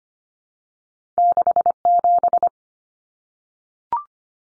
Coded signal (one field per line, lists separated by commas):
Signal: Morse code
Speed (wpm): 25 wpm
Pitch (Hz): 700 Hz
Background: none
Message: 67